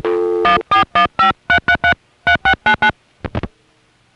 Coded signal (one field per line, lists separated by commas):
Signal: DTMF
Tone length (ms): 100 ms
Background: music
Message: 14153333699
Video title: Southern California Phone Tapes 1: #5 Crossbar in Van Nuys, Summer 1974